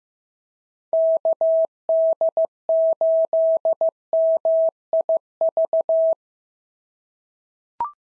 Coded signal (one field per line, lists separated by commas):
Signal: Morse code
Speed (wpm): 15 wpm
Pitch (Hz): 650 Hz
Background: none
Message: KD8MIV